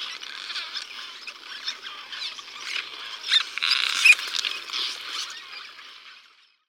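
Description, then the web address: Cliff swallow calls: a busy mass of overlapping creaky, twittering notes that swell in the middle and then fade away at the end. Chicago region. "Birds of the Chicago Region. Cliff Swallow"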